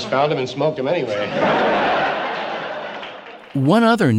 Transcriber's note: laughter